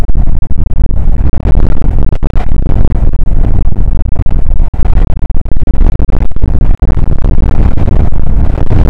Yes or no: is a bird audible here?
no